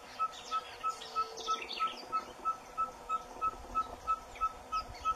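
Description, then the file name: Ferruginous pygmy owl singing a long series of short, even, whistled toots, about three per second, with faint other bird calls behind. "canto do cabure"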